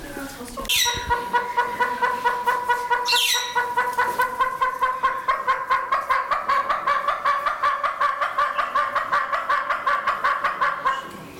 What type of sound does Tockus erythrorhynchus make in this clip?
call